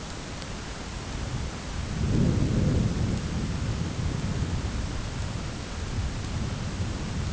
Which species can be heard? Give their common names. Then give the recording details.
none. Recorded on Arctic tundra, site ZACK-1, on 10 June 2019. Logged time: 15:49